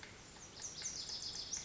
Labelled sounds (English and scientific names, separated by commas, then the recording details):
Lazuli Bunting (Passerina amoena)
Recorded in Sonoma County, California